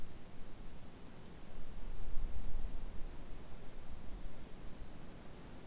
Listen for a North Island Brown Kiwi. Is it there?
no